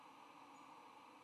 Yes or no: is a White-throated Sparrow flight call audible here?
no